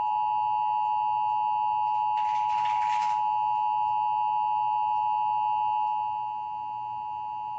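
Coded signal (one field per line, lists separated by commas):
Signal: Emergency Alert System (SAME) tones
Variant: 853 and 960 Hz attention tone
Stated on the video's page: Real severe weather alerts carrying valid SAME tones capable of activating actual EAS equipment.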